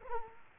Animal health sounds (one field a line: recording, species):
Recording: mosquito wingbeat signal from an infrared sensor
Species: Culex quinquefasciatus